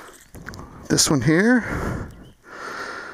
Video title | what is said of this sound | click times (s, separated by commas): Four Shorts | I like to listen for the audible click this | 0.5 s